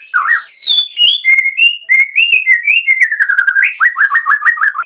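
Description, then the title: Oriental magpie-robin song of varied clear whistles and slurred notes, closing with a quick series of repeated dipping phrases. "Kicau Kacer"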